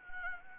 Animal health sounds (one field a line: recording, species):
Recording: mosquito wingbeat signal from an infrared sensor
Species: Anopheles arabiensis